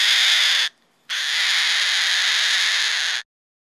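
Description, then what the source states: Goffin's cockatoo uttering raspy, piercing screeches: a short burst, a brief gap, then one sustained two-second scream before silence. Loud screeching calls.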